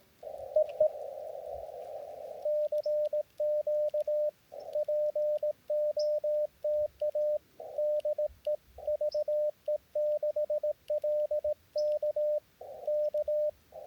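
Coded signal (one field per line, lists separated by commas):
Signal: Morse code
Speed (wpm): 18 wpm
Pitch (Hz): 590 Hz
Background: radio noise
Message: EE CQ POTA DE VE6LK K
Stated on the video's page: Portable Parks on the Air activation from a backcountry campground in Akamina-Kishinea Provincial Park, British Columbia.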